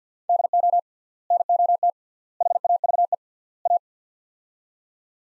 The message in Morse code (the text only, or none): DO NOT HAVE A